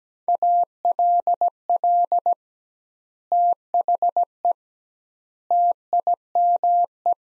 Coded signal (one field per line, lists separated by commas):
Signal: Morse code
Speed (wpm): 17 wpm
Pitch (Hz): 700 Hz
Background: none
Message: ALL THE TIME